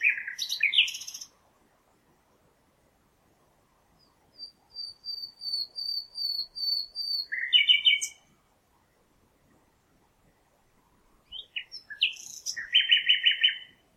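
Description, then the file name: Common nightingale song: varied phrases of rapid trills and buzzy notes, including a long series of repeated pure whistles, separated by pauses of a few seconds. "Luscinia megarhynchos"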